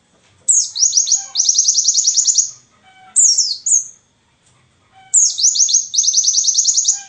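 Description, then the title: White-eye song: three bright phrases of falling slurs, two of them running into rapid, evenly spaced trilled notes, with short pauses between. Wild white-eye (pleci ngalas) singing 'isian' filling song, used as a tutor recording for training songbirds (masteran). "mster Mnuk. Pleci ngalas isian untuk masteran"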